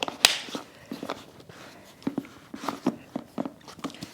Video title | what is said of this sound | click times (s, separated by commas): Great Lunches for Our Car Trips | the lid snaps in place | 0.2 s